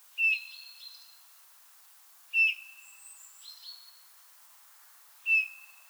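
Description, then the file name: Eurasian bullfinch giving three soft piping whistles, with higher, thinner notes in between. "Pyrrhula pyrrhula"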